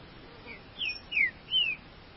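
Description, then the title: Green-winged saltator phrase of three strong whistled notes, the first two falling steeply and the last a longer level whistle, with soft hiss behind. "Trinca Ferro"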